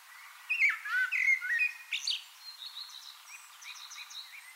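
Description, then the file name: Common blackbird's mellow warbled phrase with a squeaky high ending, followed by soft, thin twittering notes. "Turdus merula"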